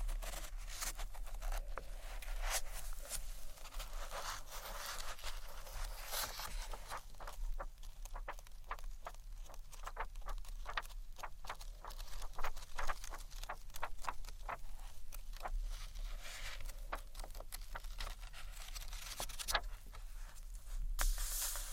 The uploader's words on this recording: ASMR Gentle SCRATCHY TAPPING on BOOKS （No Talking）.